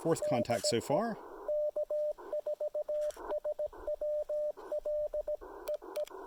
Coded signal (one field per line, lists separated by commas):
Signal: Morse code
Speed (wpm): 18 wpm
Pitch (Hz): 600 Hz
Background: speech, radio noise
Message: DE K4SWL EE